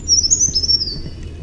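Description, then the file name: Brown creeper singing: a single very high, thin, sibilant phrase of jumbled notes that wavers and then slides slightly lower, lasting about a second over a faint low hum. "BRCR song"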